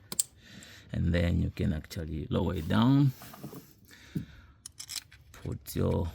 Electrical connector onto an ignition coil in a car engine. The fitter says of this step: actually we'll raise it up plug it in make sure it clicks